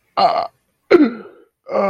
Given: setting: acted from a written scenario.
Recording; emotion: vocal sound without words; sadness